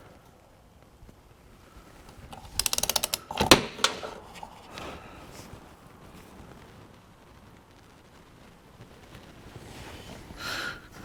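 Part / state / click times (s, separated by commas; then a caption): torque wrench on a pump housing bolt / not seated / none. A click-type torque wrench set to 12 ft-lb tightens a bolt on the pump housing of a sprayer's solution pump, with a burst of ratchet clicks and sharp metallic ticks between about 2.6 and 3.9 seconds, then quieter handling noise. The bolt is already much tighter than 12 ft-lb, but the wrench has not clicked yet.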